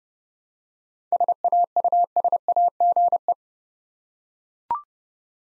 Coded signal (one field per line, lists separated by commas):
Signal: Morse code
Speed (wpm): 30 wpm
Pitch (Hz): 700 Hz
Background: none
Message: SAUSAGE